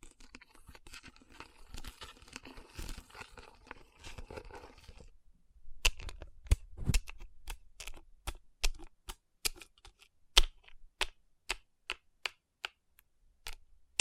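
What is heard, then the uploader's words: Rubbing and tapping on rhinestone-covered palms. For the first five seconds a dense, scratchy rubbing with a crinkly texture, then a brief pause. After that come sharp, bright taps, irregular at first and then roughly evenly spaced, about two per second, until the end. Tapping & Rubbing Rhinestone Covered Palms.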